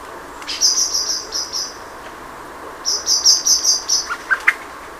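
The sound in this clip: Common blackbird calling: two quick series of sharp, high, metallic notes, then a few lower clucking notes.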